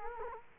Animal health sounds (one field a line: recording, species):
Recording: mosquito wingbeat signal from an infrared sensor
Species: Culex quinquefasciatus